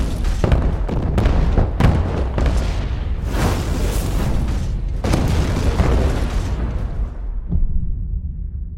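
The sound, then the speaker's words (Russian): A heavy explosion during a film stunt that sets the whole floor on fire, with a deep rumbling roar and repeated crackling bursts, sustained and loud for several seconds before the low rumble fades out at the end. No voices. “Все на этаже воспламеняется от взрыва.”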